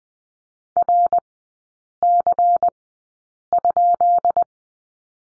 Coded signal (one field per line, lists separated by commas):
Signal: Morse code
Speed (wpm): 20 wpm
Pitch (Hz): 700 Hz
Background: none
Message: RC?